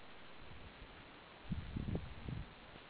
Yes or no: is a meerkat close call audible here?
no